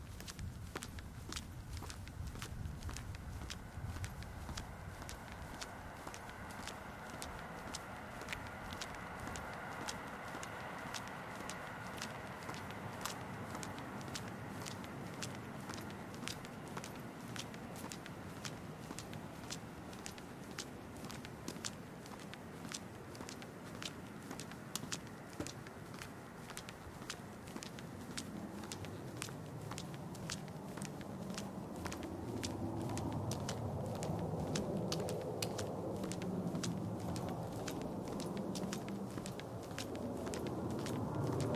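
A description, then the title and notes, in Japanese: On a walk home, a dense, steady patter of sharp ticks and crackles runs the whole way, like footsteps or light rain, over a low rumble that is heaviest in the first half. From about 32 seconds the scene grows louder and fuller. 帰り道、まだ桜は咲いてました。今回も本人喋りません！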